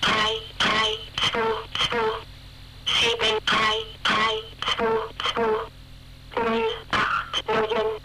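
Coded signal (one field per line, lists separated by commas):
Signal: numbers station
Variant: G02, German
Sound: high-pitched synthetic-sounding voice reading short words in quick groups with pauses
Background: radio static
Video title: G02 Swedish Rhapsody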